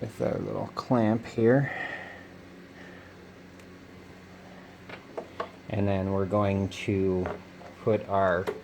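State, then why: Not seated. Someone talks while working on a Subaru engine after replacing the right valve cover gasket without lifting the engine, handling parts before pushing the spark plug wire boots back onto the spark plugs in the engine head. A short, sharp tap is heard at 5.4 s among quiet handling noise. The clip ends before any boot goes home, and nothing has seated or clicked yet.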